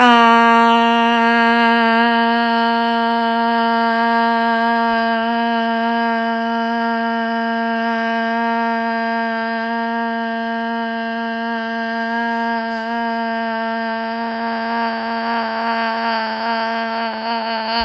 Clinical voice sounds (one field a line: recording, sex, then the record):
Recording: sustained vowel /a/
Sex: female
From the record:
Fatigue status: no fatigue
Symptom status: symptomatic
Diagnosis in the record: COVID-19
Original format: m4a